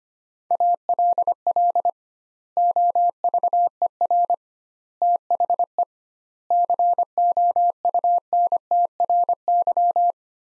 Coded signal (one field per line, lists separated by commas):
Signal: Morse code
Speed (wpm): 25 wpm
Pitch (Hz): 700 Hz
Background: none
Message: ALL OVER THE COUNTRY